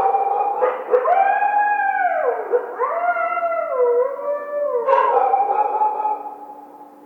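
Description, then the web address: Coyote howling, long wavering tones with rich harmonics that slide up and down, fading at the end. Howl, recorded 1 February 2010. "Coyote 2010 02 01 howl"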